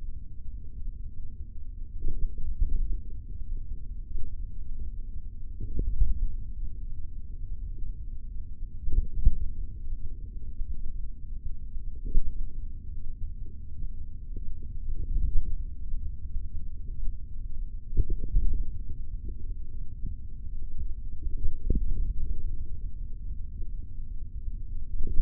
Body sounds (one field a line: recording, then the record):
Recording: forearm muscle sounds (acoustic myography)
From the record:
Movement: finger pinch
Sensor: system 3, bracelet of six PUI Audio POM-2738L microphones around the upper forearm, with dedicated amplification and filtering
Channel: 2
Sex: male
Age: 23 years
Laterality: right